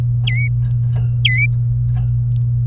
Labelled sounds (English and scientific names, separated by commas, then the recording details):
Domestic Canary (Serinus canaria) song
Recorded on 24 April 2018 at 12:09
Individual llb3